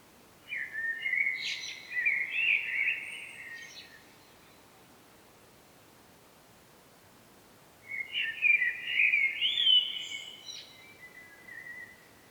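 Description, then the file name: Common blackbird sings two loud warbled phrases separated by a few seconds of quiet, each with high squeaky notes. "Turdus merula"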